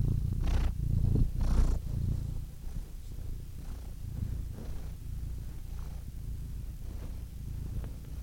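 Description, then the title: Domestic cat purring, louder with two breathy surges at first, then settling into a quieter, softer rumble. Compilation of domestic cats ranging from kittens to old cats. "The Ultimate Compilation of Adorable Cat Meows"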